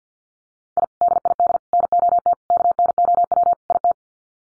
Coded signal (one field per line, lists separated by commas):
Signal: Morse code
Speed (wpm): 50 wpm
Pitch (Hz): 700 Hz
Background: none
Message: I DID NOT KNOW IT